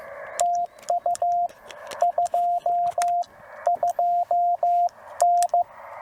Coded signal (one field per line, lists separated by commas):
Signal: Morse code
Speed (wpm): 14 wpm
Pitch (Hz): 700 Hz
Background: radio noise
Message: TU 22N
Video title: CW POTA at Land Between the Lakes. CW Copy Practice with subtitles. Follow Along!